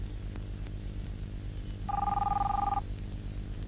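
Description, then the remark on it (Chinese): A single burst of a telephone ringing, lasting about a second: a steady, warbling two-tone electronic trill over a low, constant hum, with quiet background before and after. “你不想接电话？”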